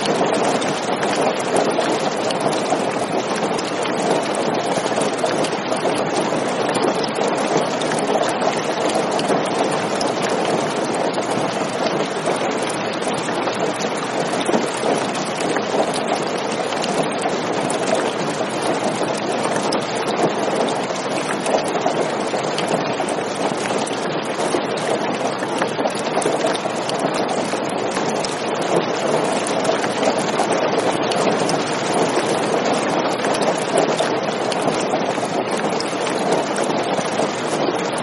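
Heavy rain pours down in a steady, dense hiss that stays even from start to finish. The sound is full, centered in the middle range with a bright crackle of countless drops on top and little low rumble underneath.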